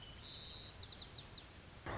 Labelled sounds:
White-crowned Sparrow
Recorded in Sonoma County, California

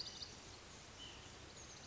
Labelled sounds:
White-breasted Nuthatch
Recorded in Sonoma County, California

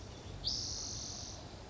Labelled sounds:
Spotted Towhee
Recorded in Sonoma County, California

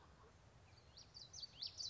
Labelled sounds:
Common Yellowthroat
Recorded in Sonoma County, California

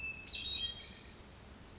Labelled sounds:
Hermit Thrush
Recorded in Sonoma County, California

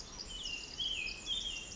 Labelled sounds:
Pacific Wren
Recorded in Sonoma County, California

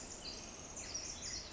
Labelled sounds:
Pacific Wren
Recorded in Sonoma County, California

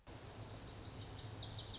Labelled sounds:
Lazuli Bunting
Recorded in Sonoma County, California

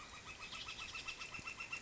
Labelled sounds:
Northern Flicker
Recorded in Sonoma County, California

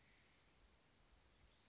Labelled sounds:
Western Flycatcher
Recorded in Sonoma County, California

